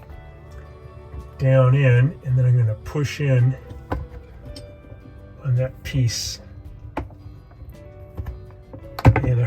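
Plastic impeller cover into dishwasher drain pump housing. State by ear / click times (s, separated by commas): seated / 9.1 s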